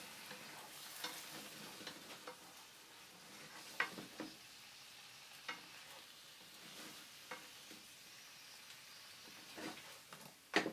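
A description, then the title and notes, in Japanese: Eggplant simmering in tomato sauce, with a steady soft hiss of cooking running throughout. Short scraping and tapping sounds from stirring break in every second or two, with sharper clinks near four seconds and a loud knock just before the end. 環境音 ナスのトマト煮込み。ベーコンの代わりにちくわをいれてみました。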